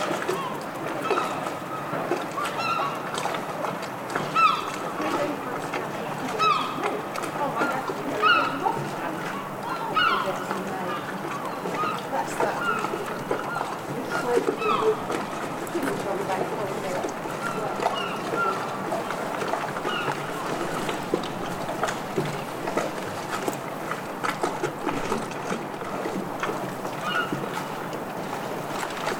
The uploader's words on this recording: Stormy Harbour Ambiance | City of Bristol. Immerse yourself in the sounds of lapping waves, seagulls calling, and distant chatter. This field recording soundscape captures the vibrant ambiance of a stormy harbor.